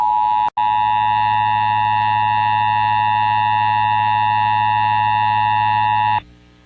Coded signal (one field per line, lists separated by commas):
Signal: Emergency Alert System (SAME) tones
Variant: 853 and 960 Hz attention tone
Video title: EAS #68: Iowa Required Monthly Test